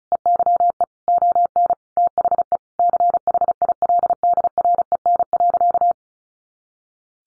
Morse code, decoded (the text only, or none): EYE ON THE CHILDREN.